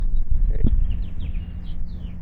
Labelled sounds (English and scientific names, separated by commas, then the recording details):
House Finch (Haemorhous mexicanus) song
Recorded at Point Lookout on Long Island, New York, on 2 June 1975
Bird B